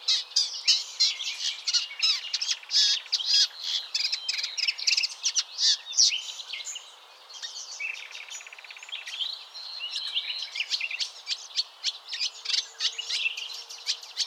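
Warbler singing a long, fast jumble of high twittering notes, with a softer, quieter passage midway before the rapid chirping picks up again.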